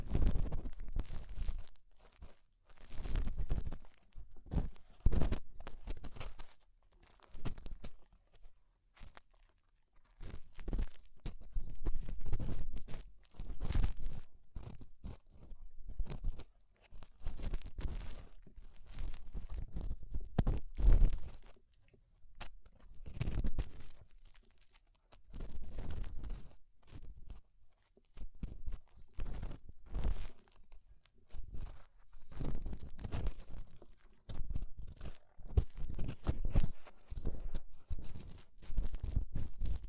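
Ear cleaning sounds: dense, irregular crunchy scrapes and crackles in quick bursts, with brief quiet gaps, continuing steadily throughout.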